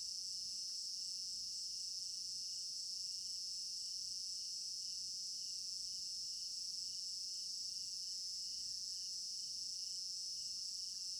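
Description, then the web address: Cricket chorus, a continuous shrill trilling with a gentle regular pulsing, steady in volume, and one faint short whistle-like sound near the end. Crickets in an African village garden at night, recorded in binaural stereo. "African-Village Garden Night Crickets Stereo-Binaural immersive-sound-library"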